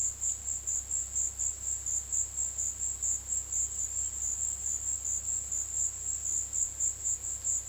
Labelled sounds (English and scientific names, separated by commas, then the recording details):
none
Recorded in dense forest near Puerto Asís, Putumayo, Colombia, on 19 February 2024 at 16:00
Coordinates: 0.485, -76.322
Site G6406